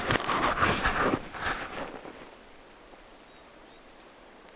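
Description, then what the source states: Eurasian treecreeper calls: very high, thin, falling notes repeated about every half second, after an opening burst of broad rustling noise. Apparently eastern subspecies; recorded 9 January 2025.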